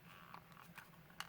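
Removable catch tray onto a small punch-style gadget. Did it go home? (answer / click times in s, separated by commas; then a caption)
yes / 1.2 s. A removable catch tray with a catch on each side is lined up and pressed onto a small hand gadget that works like a hole punch. A few faint ticks come before one sharp snap at 1.2 s, and the tray is seated snugly in place.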